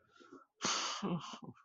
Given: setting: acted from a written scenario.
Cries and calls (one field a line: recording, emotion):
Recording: vocal sound without words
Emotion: guilt